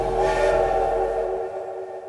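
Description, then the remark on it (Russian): A steam locomotive whistle sounds one long, steady, multi-toned blast with a low rumble beneath as the train departs from a station platform, then it cuts off and leaves a fading hiss. “Когда я очутилась на перроне, раздался третий звонок, гудок паровоза и поезд тронулся.”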